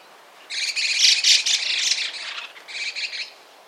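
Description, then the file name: Chestnut-cheeked starling chatter: a rough, buzzy burst of rapid grating notes lasting nearly three seconds. "Sturnus philippensis"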